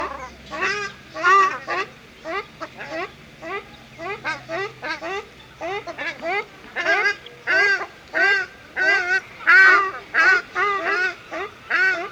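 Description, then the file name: Ruddy shelduck giving loud nasal honks, repeated about one and a half times per second, several birds overlapping and calling more intensely toward the end. Recorded at Artis zoo. "Artis, casarca - Sound Cloud - Beeld en Geluid"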